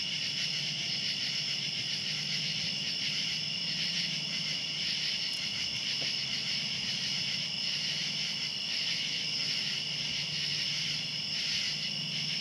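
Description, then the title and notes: Cicadas in a steady high-pitched droning chorus with slight waves in intensity. Cicadas calling outdoors at night. "Ext. Cicadas, Night by Bandeto"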